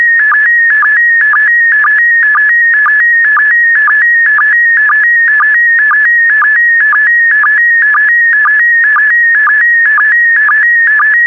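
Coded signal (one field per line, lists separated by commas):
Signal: SSTV (slow-scan television)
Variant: PD120 mode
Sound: steady warbling tones near 1.8 kHz, broken twice a second by short low sync chirps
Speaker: complete. You can now check your decoded image against the picture that is shown on the video.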